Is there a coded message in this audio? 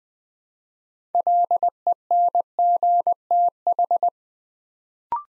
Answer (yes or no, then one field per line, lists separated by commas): yes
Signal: Morse code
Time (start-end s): 1.1-4.1 s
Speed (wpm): 20 wpm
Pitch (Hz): 700 Hz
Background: none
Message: LENGTH